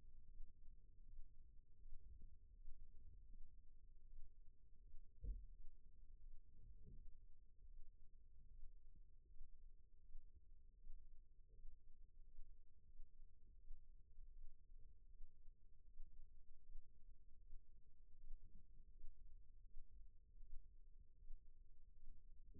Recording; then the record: forearm muscle sounds (acoustic myography)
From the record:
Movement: rest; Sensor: system 1, eight BSWA MPA416 microphones around the upper forearm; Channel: 6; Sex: male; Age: 20 years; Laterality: left